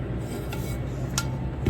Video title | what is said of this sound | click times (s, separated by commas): Team Associated SC6.4 Part 1 Build Tutorial, 2wd Short Course Truck Bags 1 & 2 | And so they pretty much snap through into place there. | 0.5 s, 1.2 s